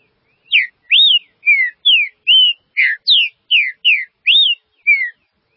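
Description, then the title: Green-winged saltator song, about ten clean whistled notes in steady succession, some arched, some sliding downward, against a silent background. "Trinca Ferro"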